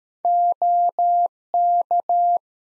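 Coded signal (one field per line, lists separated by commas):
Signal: Morse code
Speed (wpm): 13 wpm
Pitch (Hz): 700 Hz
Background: none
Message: OK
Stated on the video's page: Practice QSO drill at 13 wpm covering rig, antenna and weather information exchange, for head-copying.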